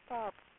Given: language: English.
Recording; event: throat vibration sensor signal played as sound; speech